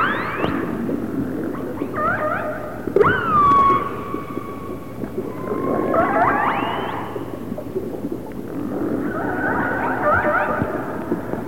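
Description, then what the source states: Orca calls, several overlapping pulsed calls with harmonic stacks, some rising and others held steady, over underwater hiss with scattered clicks. Resident orcas of the A clan.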